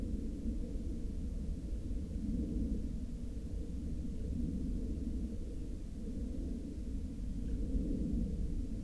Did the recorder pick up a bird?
no